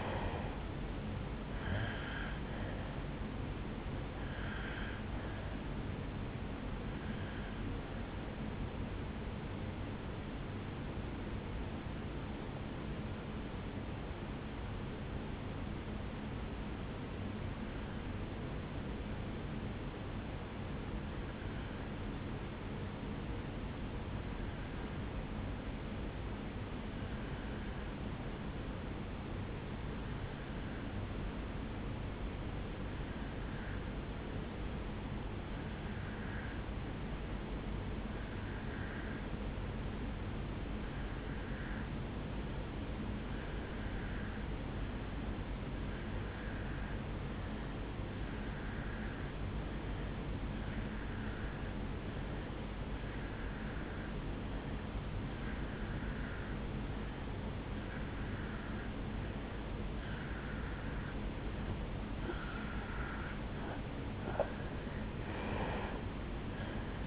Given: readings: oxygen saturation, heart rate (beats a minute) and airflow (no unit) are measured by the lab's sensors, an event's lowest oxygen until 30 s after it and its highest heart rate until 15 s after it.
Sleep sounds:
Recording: breathing in sleep by a voice recorder at the bedside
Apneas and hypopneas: 1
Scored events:
7.00-62.70 s: obstructive apnea (N1, oxygen 97% highest, then 84% lowest, heart rate 64 at the start, 75 highest)
20.00-67.07 s: new sleep stage, N2 (light sleep)
From the record:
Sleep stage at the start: N1 (lightest sleep)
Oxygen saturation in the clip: 82 to 97%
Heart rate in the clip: 54 to 77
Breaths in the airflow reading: 2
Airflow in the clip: -9.6 to 8.0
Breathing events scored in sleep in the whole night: 449 in 7.0 hours asleep

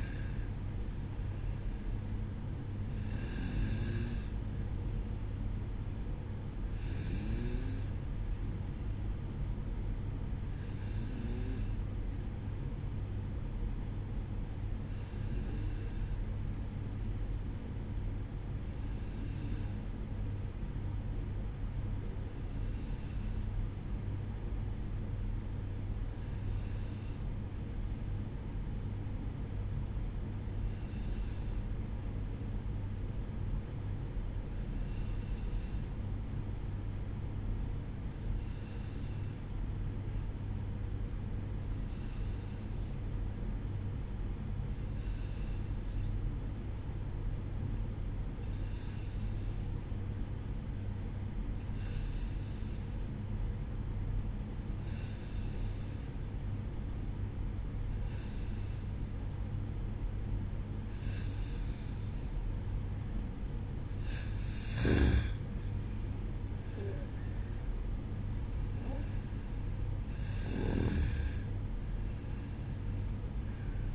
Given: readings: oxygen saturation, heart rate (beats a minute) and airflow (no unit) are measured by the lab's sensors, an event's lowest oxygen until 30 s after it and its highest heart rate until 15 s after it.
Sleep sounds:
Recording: breathing in sleep by a smartphone at the bedside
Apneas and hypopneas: 1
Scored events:
14.00-64.10 s: hypopnea (N2, oxygen 95% highest, then 90% lowest, heart rate 58 at the start, 64 highest)
61.00-73.95 s: new sleep stage, N1 (lightest sleep)
From the record:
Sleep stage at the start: N2 (light sleep)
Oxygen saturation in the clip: 91 to 95%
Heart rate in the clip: 57 to 64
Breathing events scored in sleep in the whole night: 305 in 9.6 hours asleep

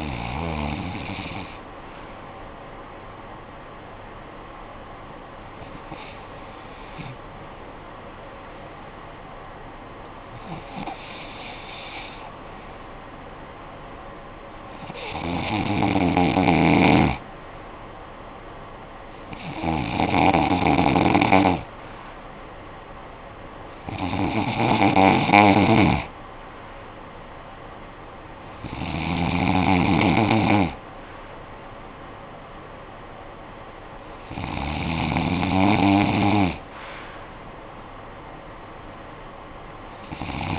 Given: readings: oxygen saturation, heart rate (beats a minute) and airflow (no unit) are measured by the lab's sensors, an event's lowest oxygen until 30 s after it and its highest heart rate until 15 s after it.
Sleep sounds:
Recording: breathing in sleep by a voice recorder at the bedside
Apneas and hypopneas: 1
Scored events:
3.00-25.70 s: hypopnea (REM, oxygen 96% highest, then 92% lowest, heart rate 58 at the start, 74 highest)
From the record:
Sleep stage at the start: REM sleep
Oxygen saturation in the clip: 92 to 96%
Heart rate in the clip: 54 to 74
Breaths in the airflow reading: 9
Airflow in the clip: -10.9 to 7.0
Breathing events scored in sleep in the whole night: 445 in 7.6 hours asleep

